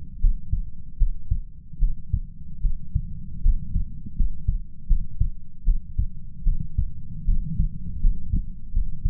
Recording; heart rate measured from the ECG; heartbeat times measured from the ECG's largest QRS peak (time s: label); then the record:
heart sounds by stethoscope; 77 bpm
0.19 s: heartbeat
0.96 s: heartbeat
1.78 s: heartbeat
2.60 s: heartbeat
3.41 s: heartbeat
4.14 s: heartbeat
4.86 s: heartbeat
5.63 s: heartbeat
6.42 s: heartbeat
7.24 s: heartbeat
7.99 s: heartbeat
8.71 s: heartbeat
From the record:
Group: healthy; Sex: female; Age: 26 years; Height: 165 cm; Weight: 55 kg